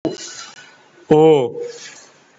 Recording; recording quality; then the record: sustained vowel as in boot; moderate, slight background noise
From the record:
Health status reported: COVID-19 positive, mild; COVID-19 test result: positive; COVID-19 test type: RT-PCR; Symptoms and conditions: sore throat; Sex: male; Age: 53 years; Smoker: no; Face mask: not worn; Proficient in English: yes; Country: India